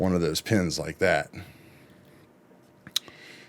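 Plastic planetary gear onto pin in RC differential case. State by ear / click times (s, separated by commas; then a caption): seated / 2.9 s, 3.0 s. Someone talks, then a bottom plastic planetary gear being worked onto its pin inside an RC car gear differential case drops into place with two quick, sharp hits at 2.9 s and 3.0 s. The gear is seated on the pin.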